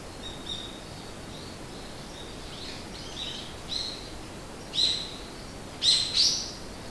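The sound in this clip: Bird calls: thin high whistled notes building to louder bursts of chirps toward the end, irregularly spaced, with soft steady background noise.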